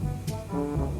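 The safety lock on a FeiyuTech G6 MAX handheld gimbal mount is handled after a phone or camera mount has been pushed onto the gimbal, over steady brass-like background music. Two short bright bursts of noise rise above the music at about 0.3 s and 1.0 s. Nothing has seated or clicked yet.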